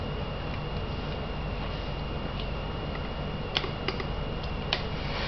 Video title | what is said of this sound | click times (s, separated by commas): Animated - Starscream | like that. Actually lock into place. | 3.6 s, 4.7 s